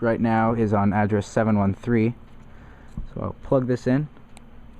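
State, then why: Not seated. A DCC decoder, taken from a CSX SD70 Mac locomotive and set to address 713, is handled as it is about to be plugged into the decoder socket of a Proto 2000 model locomotive while someone talks. The decoder plug has not clicked or seated in the socket yet.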